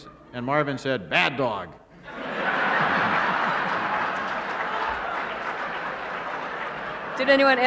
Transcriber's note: soundbite of laughter and applause